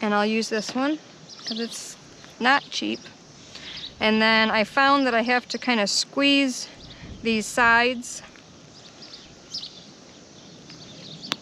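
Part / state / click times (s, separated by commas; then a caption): plastic drip-irrigation fitting pushed onto a line or connector / seated / 11.3 s. A plastic drip-irrigation fitting is squeezed at its sides and pushed onto a line or connector while someone talks, with faint chirps and outdoor noise in the background. A sharp snap at 11.3 s marks the fitting seating in place.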